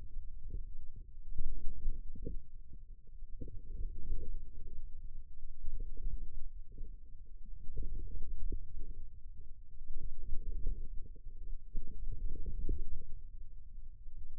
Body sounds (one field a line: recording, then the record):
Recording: forearm muscle sounds (acoustic myography)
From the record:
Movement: ulnar deviation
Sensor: system 2, bracelet of six BSWA MPA416 microphones around the upper forearm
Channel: 2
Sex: male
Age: 22 years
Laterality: right